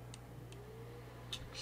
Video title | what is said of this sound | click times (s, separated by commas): Proper Way to Install the Be Quiet CPU Cooler | we like and then we can just snap | 0.1 s, 0.5 s, 1.3 s